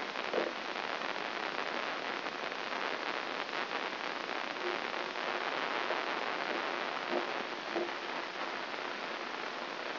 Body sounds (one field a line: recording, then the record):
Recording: brain microelectrode recording played as sound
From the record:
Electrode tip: inside the subthalamic nucleus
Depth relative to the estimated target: 2 mm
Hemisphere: right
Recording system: AlphaMap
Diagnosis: Parkinson's disease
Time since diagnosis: 11 years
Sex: female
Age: 52 years